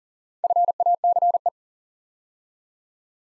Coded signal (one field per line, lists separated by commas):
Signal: Morse code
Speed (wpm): 39 wpm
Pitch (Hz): 700 Hz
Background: none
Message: FACE